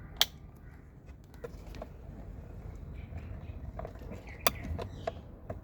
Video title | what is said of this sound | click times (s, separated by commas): How to replace smart key control module in Kia Sportage | For the vertical connector, push the locking tab inward until you hear a click. | 0.2 s